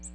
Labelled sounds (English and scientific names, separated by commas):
Ovenbird (Seiurus aurocapilla) flight call